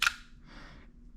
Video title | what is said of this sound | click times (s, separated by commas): How to Field Strip (disassemble and reassemble) a Taurus G3C Step by Step | pull the trigger all the way through. You'll hear a click, then you let go of everything, | 0.1 s